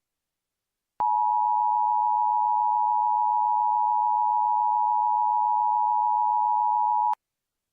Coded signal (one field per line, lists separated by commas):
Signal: Emergency Alert System (SAME) tones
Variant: 853 and 960 Hz attention tone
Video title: Mock EAS Alert based on Blast Corps